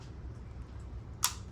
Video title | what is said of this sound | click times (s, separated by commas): GE Dishwasher Not Washing - Stuck In Drain - Constant Drain - FTD Error Code -Easy Fast Repair | There you go. Now you're sealed. | 1.2 s